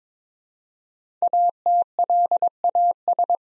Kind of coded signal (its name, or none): Morse code